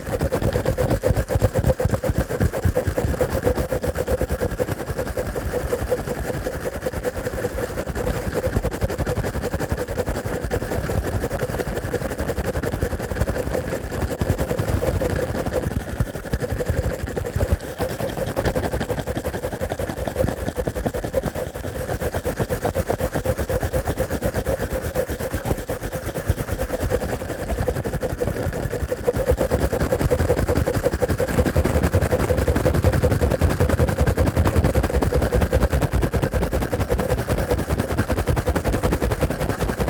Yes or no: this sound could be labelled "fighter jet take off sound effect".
no